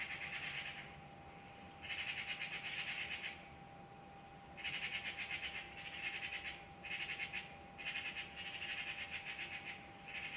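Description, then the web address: Bird chattering in repeated harsh, pulsed bursts, some long and some short, with a steady hum underneath. "Deverinetal 2025. Bird Only"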